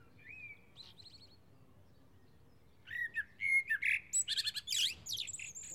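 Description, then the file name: Common blackbird starts with a few soft whistled notes, pauses, then pours out a rapid string of loud, shrill, chattering high notes. "Turdus merula"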